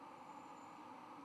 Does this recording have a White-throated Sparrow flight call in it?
no